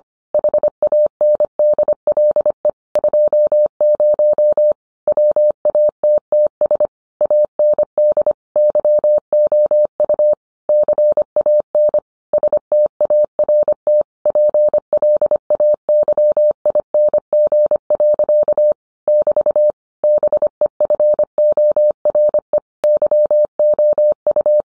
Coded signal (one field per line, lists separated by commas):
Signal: Morse code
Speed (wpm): 25 wpm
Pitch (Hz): 600 Hz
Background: none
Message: HANDLE 20 WATTS AND YOU CAN START PLAYING. <BT> BEFORE YOU